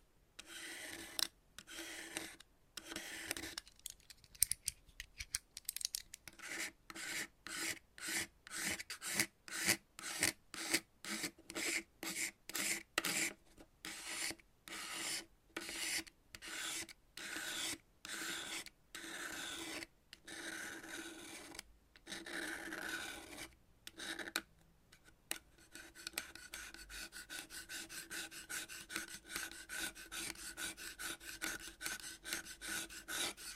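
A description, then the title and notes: Chalk being cut and scraped in short, gritty rasping strokes, repeated in a quick, fairly regular rhythm with brief silences between. Around 25 seconds the strokes turn faster and denser, almost continuous, with a steady faint hum underneath throughout. Chalk Cutting. No Talking.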